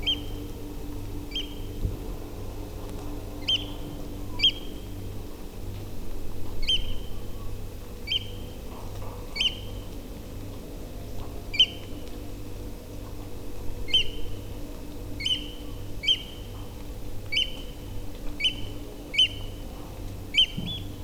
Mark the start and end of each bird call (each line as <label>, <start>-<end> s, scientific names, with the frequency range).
Haematopus ostralegus (2.0-9.7 kHz), 0.03-0.15 s
Haematopus ostralegus (2.1-9.7 kHz), 1.31-1.42 s
Haematopus ostralegus (1.7-9.7 kHz), 3.41-3.58 s
Haematopus ostralegus (1.9-9.9 kHz), 4.39-4.51 s
Haematopus ostralegus (1.8-9.7 kHz), 6.63-6.78 s
Haematopus ostralegus (1.9-9.6 kHz), 8.07-8.19 s
Haematopus ostralegus (1.8-12.8 kHz), 9.35-9.50 s
Haematopus ostralegus (1.9-9.6 kHz), 11.54-11.66 s
Haematopus ostralegus (1.8-12.6 kHz), 13.88-14.03 s
Haematopus ostralegus (1.6-12.7 kHz), 15.19-15.37 s
Haematopus ostralegus (1.7-12.8 kHz), 16.02-16.17 s
Haematopus ostralegus (1.8-12.5 kHz), 17.32-17.44 s
Haematopus ostralegus (1.8-9.5 kHz), 18.40-18.50 s
Haematopus ostralegus (1.8-9.5 kHz), 19.13-19.28 s
Haematopus ostralegus (1.8-12.8 kHz), 20.34-20.80 s